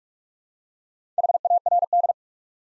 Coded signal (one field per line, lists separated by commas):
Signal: Morse code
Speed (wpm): 44 wpm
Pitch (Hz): 700 Hz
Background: none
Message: HARD